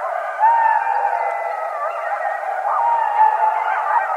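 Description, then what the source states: Coyotes howling together, long overlapping wavering tones with quick warbling bends and pitch dips, continuous throughout. Several coyotes, recorded 21 January 2012.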